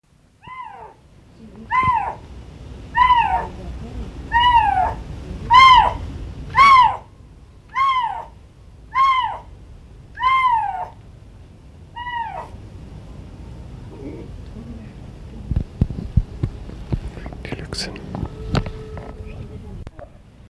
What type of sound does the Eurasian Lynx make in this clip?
call